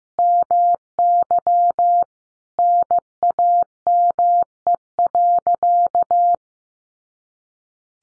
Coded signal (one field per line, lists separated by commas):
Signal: Morse code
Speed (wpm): 15 wpm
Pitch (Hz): 700 Hz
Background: none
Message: MY NAME.